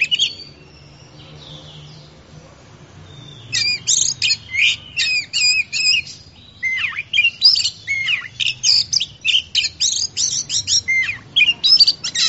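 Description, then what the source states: Oriental magpie-robin song starting after a quiet few seconds, then a fast run of sweeping whistles, rising and falling notes and scratchy chatter, about three per second. Champion bird singing.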